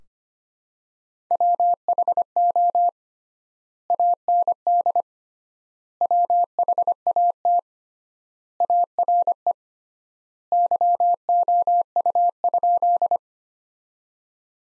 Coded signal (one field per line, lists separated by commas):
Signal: Morse code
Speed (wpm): 25 wpm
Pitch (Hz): 700 Hz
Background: none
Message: WHO AND WHAT ARE YOU?